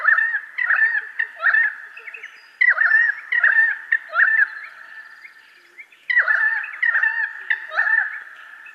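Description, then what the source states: Pied Currawong calling: bouts of loud, gurgling, warbled notes, with a quieter stretch before the last bout. Seen in Australian backyards; black with a little white near the tail.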